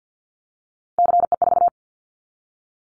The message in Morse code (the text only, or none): CE4